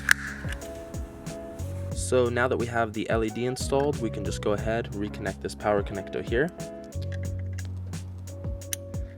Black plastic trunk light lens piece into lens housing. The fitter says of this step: and then just apply some pressure until it snaps into place